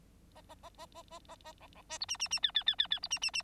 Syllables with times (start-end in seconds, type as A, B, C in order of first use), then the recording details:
0.35-0.41 A, 0.49-0.55 A, 0.63-0.69 A, 0.78-0.86 A, 0.95-1.02 A, 1.10-1.19 A, 1.28-1.36 A, 1.45-1.52 A, 1.60-1.67 B, 1.75-1.82 B, 1.89-1.98 C, 2.00-2.06 D, 2.08-2.17 E, 2.19-2.28 E, 2.31-2.40 E, 2.42-2.51 F, 2.54-2.64 F, 2.66-2.75 F, 2.78-2.87 F, 2.90-3.00 F, 3.02-3.08 D, 3.10-3.19 E, 3.21-3.31 E, 3.33-3.42 E. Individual Bird9